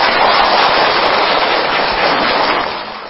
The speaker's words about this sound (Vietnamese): Rồi cho bạn pháo tay.